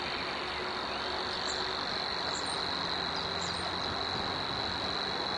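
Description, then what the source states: Savi's warbler, an unbroken high reeling buzz, with a few faint chirps above and a busy chorus below. Recorded at Zakole Wawerskie on 3 May 2012 at 7:31.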